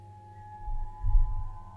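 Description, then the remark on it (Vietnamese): A telephone rings in the middle of the night with a steady, high electronic tone that holds through the whole moment, over a low rumble that swells midway. No one speaks. “Tiếng chuông điện thoại vẫn cứ réo rắt từng hồi.”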